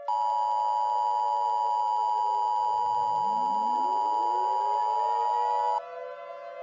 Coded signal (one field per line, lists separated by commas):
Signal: Emergency Alert System (SAME) tones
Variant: 853 and 960 Hz attention tone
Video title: EAS Mock 12: Inversion